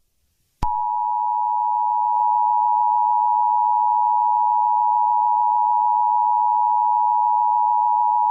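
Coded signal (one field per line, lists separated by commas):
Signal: Emergency Alert System (SAME) tones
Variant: 853 and 960 Hz attention tone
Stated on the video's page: Fake, made-up EAS alert about a loss of gravity; not a real activation.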